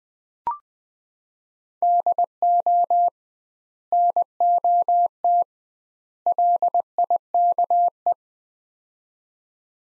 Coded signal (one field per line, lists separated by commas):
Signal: Morse code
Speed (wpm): 21 wpm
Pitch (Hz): 700 Hz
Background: none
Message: DO NOT LIKE